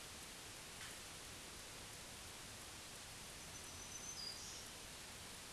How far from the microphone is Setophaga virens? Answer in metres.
about 50 m